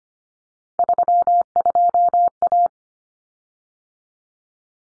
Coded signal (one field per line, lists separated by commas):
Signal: Morse code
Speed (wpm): 25 wpm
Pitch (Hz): 700 Hz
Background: none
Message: 32A